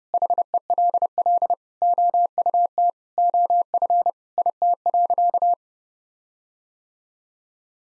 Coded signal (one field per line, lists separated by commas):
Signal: Morse code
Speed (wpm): 30 wpm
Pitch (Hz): 700 Hz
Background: none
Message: HELL OUT OF IT.